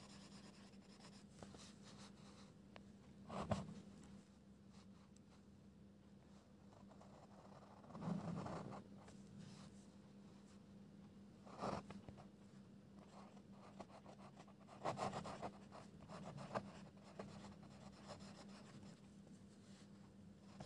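Soft pencil scribbling and rubbing on paper runs throughout over a steady low hum. Louder swishing bursts, like pages being turned, break in at about 3.5, 8, 11.5 and 15 seconds, with quieter scratching between them.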